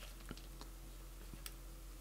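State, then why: Not seated. Someone pushes down the release button on the carrying strap's click-lock connector of Steiner Wildlife XP 8x24 binoculars, trying to disconnect the strap. Only a few small, faint ticks are heard at about 0.3, 0.4, 0.6 and 1.5 seconds over a steady low hum. The connector does not release and nothing has clicked open, because the person is not pressing hard enough.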